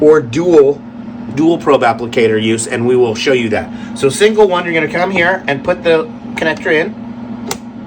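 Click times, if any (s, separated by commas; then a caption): 7.5 s. Someone talks while pushing an applicator cable connector into the single-applicator port of a Zeus PEMF therapy machine. A short, sharp click at 7.5 s marks the connector seating in the port.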